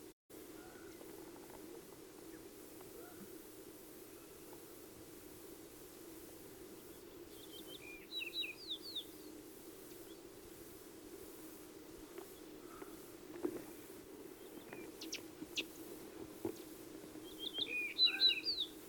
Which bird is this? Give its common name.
Yellow-breasted Bunting